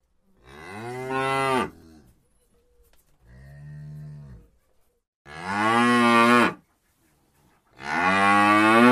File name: tieng bo sua keu